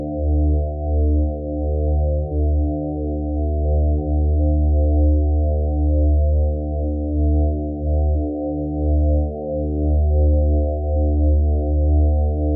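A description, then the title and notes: A hypnotic sustained tone drones on without a break, deep and heavy in the low end, with a stack of steady overtones above it and nothing bright on top. The level holds nearly even, swelling gently every second or two in a slow pulsing throb. Thirty Minute Drone. Hypnotic sustained tone.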